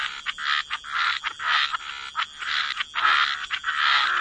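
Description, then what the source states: Frogs giving short raspy croaks in quick bursts, several calls per second, over a faint steady hiss. Frog chorus.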